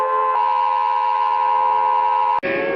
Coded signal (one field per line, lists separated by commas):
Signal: Emergency Alert System (SAME) tones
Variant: 853 and 960 Hz attention tone